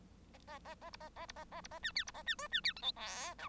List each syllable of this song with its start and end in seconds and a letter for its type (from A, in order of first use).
0.33-0.38 A, 0.47-0.59 A, 0.64-0.75 A, 0.81-0.90 A, 0.93-0.97 B, 1.00-1.09 A, 1.16-1.26 A, 1.28-1.32 B, 1.36-1.44 A, 1.51-1.61 A, 1.63-1.68 B, 1.71-1.79 A, 1.82-1.92 C, 1.95-2.04 D, 2.06-2.11 B, 2.14-2.23 A, 2.26-2.35 C, 2.38-2.48 E, 2.51-2.61 C, 2.63-2.73 D, 2.76-2.81 F, 2.82-2.92 G, 2.96-3.34 H, 3.38-3.48 I